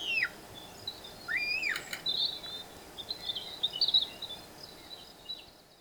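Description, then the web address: African barbet calls: a couple of arched, falling whistles followed by a run of high chattering notes, with steady background hiss throughout. "Lybiidae. صدای-پرنده-ریش-مرغان-آفریقایی"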